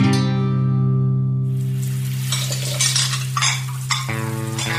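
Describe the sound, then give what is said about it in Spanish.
A steady hiss of tap water starts after a low sustained tone, with scattered clinks and clatter of dishes being washed underneath the droning hum. “No dejes correr el agua mientras lavas los platos.”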